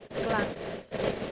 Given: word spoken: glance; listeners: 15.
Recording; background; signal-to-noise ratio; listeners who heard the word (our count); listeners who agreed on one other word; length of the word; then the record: one English word in noise, from a listening test; noise modulated by three-talker babble; -4.3 dB; 6 of 15; 8 of 15; 0.91 s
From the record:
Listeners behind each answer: 8, 6, 1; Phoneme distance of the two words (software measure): 7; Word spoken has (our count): 1 syllable, 5 phonemes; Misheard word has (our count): 1 syllable, 4 phonemes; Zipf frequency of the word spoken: 3.77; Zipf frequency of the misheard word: 4.92